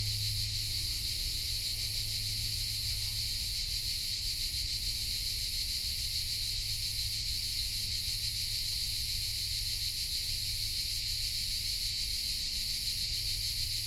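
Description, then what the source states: Crickets in a dense chorus: an unbroken, shrill, high-pitched buzzing that runs through the whole stretch, over a low rumble. Hundreds heard in a pine grove in Collserola, in the morning, in heat over 30 °C; binaural recording.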